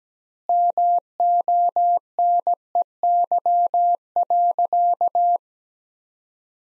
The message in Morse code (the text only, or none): MONEY.